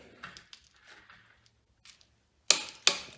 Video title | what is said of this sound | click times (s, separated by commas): Nissan A14 engine rebuild | till it clicks | 2.5 s, 2.9 s